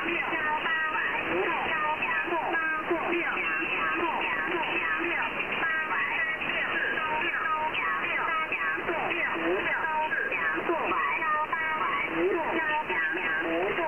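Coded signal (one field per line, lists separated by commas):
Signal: numbers station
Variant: Chinese Robot (VC01), Chinese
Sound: very rapid, robotic-sounding spoken syllables in a continuous stream, narrow radio voice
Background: radio hiss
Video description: I have never heard anything else from it except very rapid numbers in Chinese.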